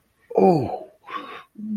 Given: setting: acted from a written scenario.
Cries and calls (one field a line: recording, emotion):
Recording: vocal sound without words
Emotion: ecstasy